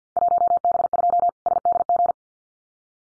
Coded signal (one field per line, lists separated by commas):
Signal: Morse code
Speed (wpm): 50 wpm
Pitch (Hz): 700 Hz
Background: none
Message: 1B2 SDG